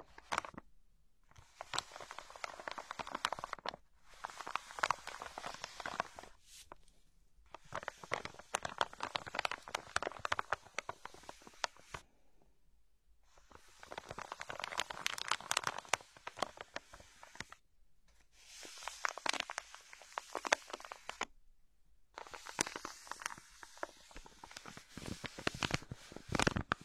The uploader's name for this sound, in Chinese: 日常用品（塑料制品）的触发音